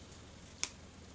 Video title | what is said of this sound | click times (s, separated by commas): Pull Down Slide Up Mechanism Tutorial | If you listen, you can hear it click. | 0.6 s